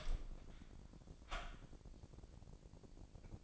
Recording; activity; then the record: daily activity, microphone in the room; open door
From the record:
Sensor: 5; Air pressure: 1009.3 hPa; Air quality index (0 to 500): 168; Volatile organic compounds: 2 ppm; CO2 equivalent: 1286 ppm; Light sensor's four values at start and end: 207/494/209/228 and 207/493/209/228